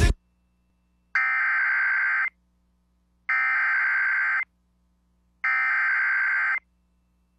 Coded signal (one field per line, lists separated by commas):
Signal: Emergency Alert System (SAME) tones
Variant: header bursts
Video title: EAS Severe Thunderstorm Warning Childress, Texas NOAA Weather Radio +WeatherSTAR4000